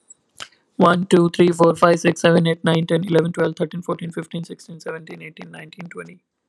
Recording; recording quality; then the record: counting at a fast pace; excellent, no background noise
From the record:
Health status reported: healthy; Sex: male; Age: 28 years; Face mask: not worn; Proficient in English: yes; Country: India